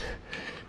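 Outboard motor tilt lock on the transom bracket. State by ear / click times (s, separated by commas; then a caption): seated / 0.3 s. The tilt lock on the transom bracket of a Yamaha 15HP outboard motor is worked by lifting the motor's leg, with a steady mechanical rattle in the background. A sharp click at 0.3 s marks the lock seating into its second position, so the leg can be pulled straight off.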